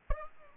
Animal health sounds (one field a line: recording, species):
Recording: mosquito wingbeat signal from an infrared sensor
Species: Aedes albopictus